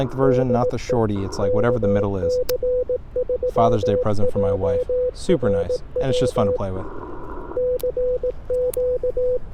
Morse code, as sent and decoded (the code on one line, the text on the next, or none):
-.. . / -.- -.-. ...-- .--- .-. .-- / -.-. --.-
DE KC3JRW CQ